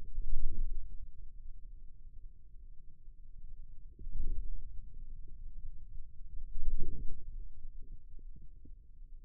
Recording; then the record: forearm muscle sounds (acoustic myography)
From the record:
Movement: wrist flexion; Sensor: system 2, bracelet of six BSWA MPA416 microphones around the upper forearm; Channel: 2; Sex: male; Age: 22 years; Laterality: right